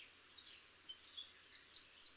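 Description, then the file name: Eurasian wren singing a quick run of high, sharp twittering notes over a soft hiss of background noise. "Troglodytes troglodytes"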